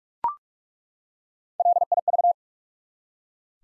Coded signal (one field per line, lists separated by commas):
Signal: Morse code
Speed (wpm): 41 wpm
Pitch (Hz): 700 Hz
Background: none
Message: LIV